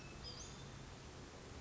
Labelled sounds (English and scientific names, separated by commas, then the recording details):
Western Flycatcher (Empidonax difficilis)
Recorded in Sonoma County, California